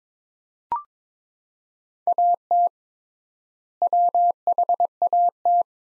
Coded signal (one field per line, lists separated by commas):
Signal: Morse code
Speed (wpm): 22 wpm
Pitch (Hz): 700 Hz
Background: none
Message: AT WHAT